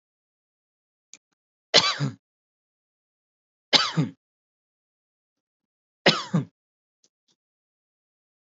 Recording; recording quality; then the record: shallow voluntary cough; excellent, no background noise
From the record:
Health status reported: healthy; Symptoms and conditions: none ticked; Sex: male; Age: 38 years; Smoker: not ticked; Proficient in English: yes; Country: India